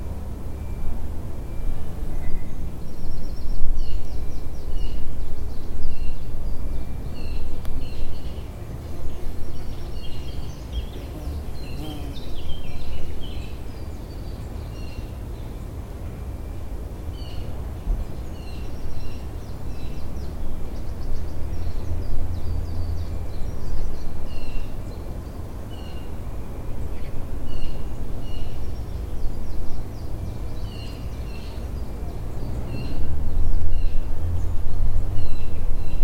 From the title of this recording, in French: ambiance sonore au Donderberg, coin de nature qui se défend à Laeken